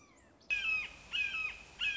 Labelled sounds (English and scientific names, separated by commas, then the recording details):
Red-shouldered Hawk (Buteo lineatus)
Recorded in Sonoma County, California